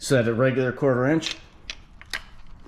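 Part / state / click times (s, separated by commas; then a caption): hitch insert into the receiver hitch of an RC scale truck / seated / 2.1 s. On an RC scale truck, a small 1/4 in. hitch insert is pushed into a scale receiver hitch that was made for it, as someone talks at the start. After a couple of faint ticks, it snaps into place with a sharp click at 2.1 seconds and seats fully.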